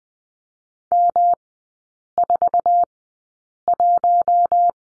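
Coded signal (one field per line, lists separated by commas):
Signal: Morse code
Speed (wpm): 19 wpm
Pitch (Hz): 700 Hz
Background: none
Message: M41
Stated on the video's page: Morse code course lesson on the letter M, three-character groups, sent at Farnsworth speed 20/10 wpm.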